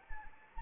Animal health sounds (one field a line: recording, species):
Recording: mosquito wingbeat signal from an infrared sensor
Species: Anopheles arabiensis